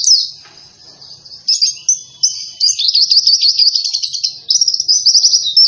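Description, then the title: White-eye song: sustained high whistled tones shifting in pitch, then fast trilled warbling phrases rising and falling. Singing vigorously (gacor) after being given You C 1000 as a metabolism doping supplement. "Pleci Gacor. Beginilah Hasil Perform Pleci Dengan Doping Metabolis"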